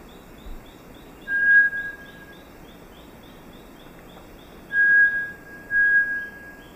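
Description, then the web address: Bartlett's tinamou song: three pure, level whistled notes, the first set apart and the last two close together, over a quiet hiss. Song recorded in the eastern lowlands of South America. "S America Eastern Lowlands. Crypturellus bartletti, song"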